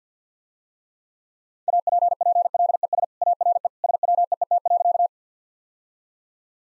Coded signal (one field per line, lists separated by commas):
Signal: Morse code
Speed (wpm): 50 wpm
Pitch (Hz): 700 Hz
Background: none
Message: APPLES ARE SWEET.